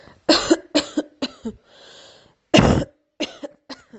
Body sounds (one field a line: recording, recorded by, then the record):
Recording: voluntary cough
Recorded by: messaging app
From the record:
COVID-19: negative